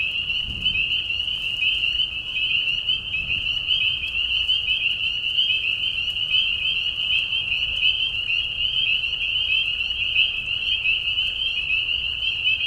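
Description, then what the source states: Spring peepers chorusing, high shrill whistles layered into a continuous pulsing drone; a soft low thump near the start. Mating call chorus in a marsh at night during a short spring season, Tiny Marsh Conservation Area, Tiny, Ontario; high whistles at low volume.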